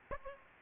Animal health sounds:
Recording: mosquito wingbeat signal from an infrared sensor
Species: Aedes aegypti

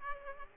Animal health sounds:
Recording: mosquito wingbeat signal from an infrared sensor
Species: Aedes aegypti

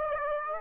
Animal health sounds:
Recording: mosquito wingbeat signal from an infrared sensor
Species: Aedes aegypti

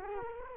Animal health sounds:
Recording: mosquito wingbeat signal from an infrared sensor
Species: Culex quinquefasciatus

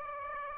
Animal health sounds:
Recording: mosquito wingbeat signal from an infrared sensor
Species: Aedes aegypti

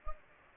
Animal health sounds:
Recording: mosquito wingbeat signal from an infrared sensor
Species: Anopheles gambiae

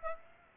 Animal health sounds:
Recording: mosquito wingbeat signal from an infrared sensor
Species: Aedes aegypti

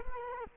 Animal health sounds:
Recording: mosquito wingbeat signal from an infrared sensor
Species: Culex quinquefasciatus

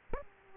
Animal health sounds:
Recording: mosquito wingbeat signal from an infrared sensor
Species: Aedes aegypti

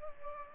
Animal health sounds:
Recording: mosquito wingbeat signal from an infrared sensor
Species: Culex pipiens

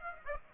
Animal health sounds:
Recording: mosquito wingbeat signal from an infrared sensor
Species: Aedes aegypti

